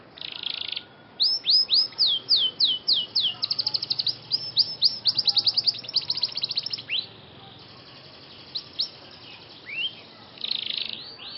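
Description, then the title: Scotch Fancy canary song: a buzzy burst, then rapid trills of high chirps and swooping notes, a quieter stretch of sparse notes, and another buzzy burst near the end. Scotch Fancy canary song with cengkok (ornamented song variations), singing vigorously (gacor). "Cengkok Kenari Mewah. KENARI SCOTCH FANCY GACOR CENGKOK MEWAH"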